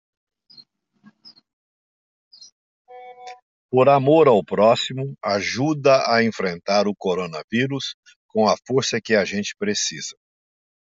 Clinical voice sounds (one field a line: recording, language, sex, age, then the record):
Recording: spoken sentence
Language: Brazilian Portuguese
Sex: male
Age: 60 to 69 years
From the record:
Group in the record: control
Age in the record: 67 years